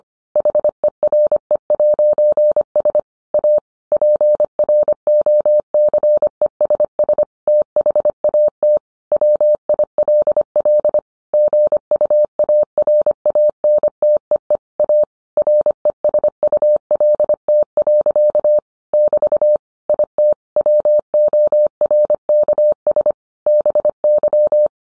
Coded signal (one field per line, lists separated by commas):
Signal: Morse code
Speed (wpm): 25 wpm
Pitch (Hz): 600 Hz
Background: none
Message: HERE'S A PROCESS THAT WILL GUARANTEE A RESULT. <BT> IT WORKS BY